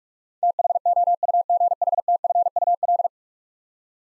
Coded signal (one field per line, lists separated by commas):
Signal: Morse code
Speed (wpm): 44 wpm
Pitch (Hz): 700 Hz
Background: none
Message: THOUGHTFUL